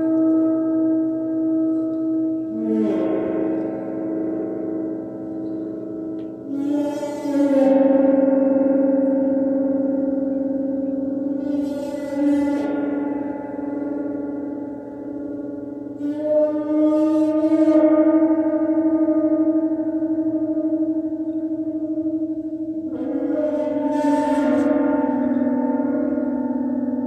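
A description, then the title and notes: A gong is struck about every five seconds, each bright hit blooming into a dense, sustained low hum with shimmering overtones that never fully fades. Heart Gong Immersion by Sound Alchemist Julie Jewels Smoot.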